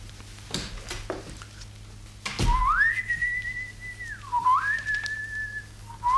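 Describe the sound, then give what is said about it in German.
Herr Biedermann, a character, whistles a slow melody from the opera Der Rosenkavalier on a bright morning, in long, clear, high held notes that glide down and back up between phrases, following a few soft knocks and rustles. “Ich bitte den Hörer, dieses Pfeifen unseres Herrn Biedermann aus dem Rosenkavalier, wenn ich nicht irre, in keiner Weise zu missdeuten.”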